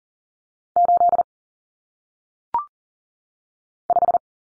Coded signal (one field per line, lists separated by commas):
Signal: Morse code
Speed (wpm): 38 wpm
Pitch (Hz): 700 Hz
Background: none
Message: 8 5